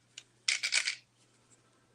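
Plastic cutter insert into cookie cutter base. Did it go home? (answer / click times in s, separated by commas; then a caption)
yes / 0.5 s. A giant-size plastic insert is pushed into a cookie cutter base. After a faint tick at 0.2 s, it snaps into place with a sharp plastic click at 0.5 s, followed by about half a second of bright rattling clicks as it settles. The insert is seated in the base.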